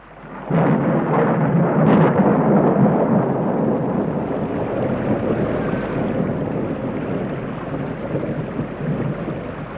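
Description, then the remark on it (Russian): A heavy, steady downpour hisses continuously while a deep roll of thunder rumbles through the first few seconds, then fades into the constant wash of rain. No one speaks. “Пустишь свою коробку дождик переждать?”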